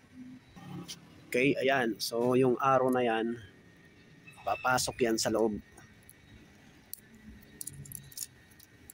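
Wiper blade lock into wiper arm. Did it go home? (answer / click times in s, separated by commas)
no / none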